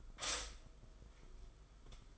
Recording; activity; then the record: daily activity, microphone in the room; stop toaster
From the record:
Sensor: 5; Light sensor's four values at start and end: 40/124/48/51 and 40/124/48/51